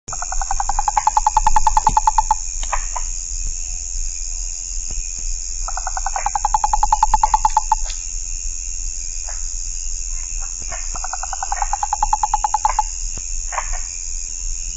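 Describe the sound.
Rana psaltes frog calling in three pulsed trills, each about two seconds long, over a steady high insect drone with scattered clicks.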